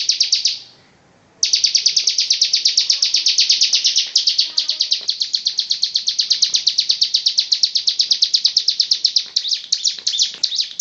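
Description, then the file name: Bird singing a fast, high chattering trill of repeated notes that breaks off briefly near the start, then runs on to the end. Song in the ngebren style. "cb ngebren. omkicau"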